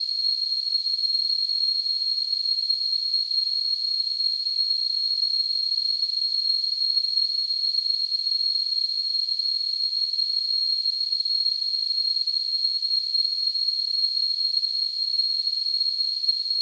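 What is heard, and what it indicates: A simulated tinnitus sound: a steady, unbroken high-pitched tone near 4 kHz, with a faint hiss around it, holding at the same level throughout.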